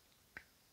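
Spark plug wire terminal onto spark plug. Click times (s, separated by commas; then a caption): 0.4 s. A repaired spark plug wire terminal is clocked and pushed onto the spark plug, and a short, sharp snap is heard at 0.4 s. The terminal seats onto the plug, and no one talks.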